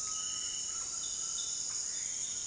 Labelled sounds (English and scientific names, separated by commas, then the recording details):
Undulated Tinamou (Crypturellus undulatus)
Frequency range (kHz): Undulated Tinamou (Crypturellus undulatus) 0.6-2.1 kHz
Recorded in dense forest near Puerto Asís, Putumayo, Colombia, on 19 February 2024 at 18:00
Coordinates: 0.466, -76.327
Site G6413